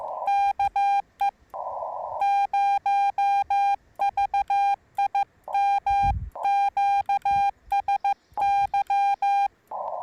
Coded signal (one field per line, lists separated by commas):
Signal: Morse code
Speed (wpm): 18 wpm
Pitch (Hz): 810 Hz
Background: none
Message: KE0VIM QSY